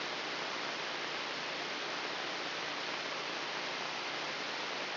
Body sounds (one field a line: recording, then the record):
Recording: brain microelectrode recording played as sound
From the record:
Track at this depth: inside the subthalamic nucleus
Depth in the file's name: 4.107 mm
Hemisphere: left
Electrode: 3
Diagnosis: Parkinson's disease